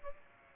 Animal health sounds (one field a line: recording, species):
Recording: mosquito wingbeat signal from an infrared sensor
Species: Aedes aegypti